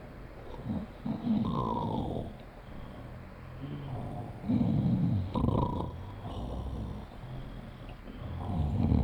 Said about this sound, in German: Schnarch, schnarch.